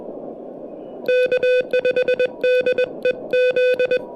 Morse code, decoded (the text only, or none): K5DEZ